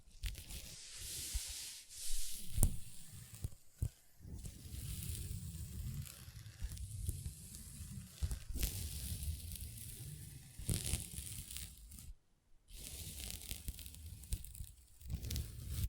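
Long nails tap and scratch across a table in a steady, dense stream of rasping strokes, with a low rumbling scrape underneath. Sharp taps punctuate it irregularly, notably around 2, 4 and 8 seconds, and the sound drops out briefly near 12 seconds before resuming.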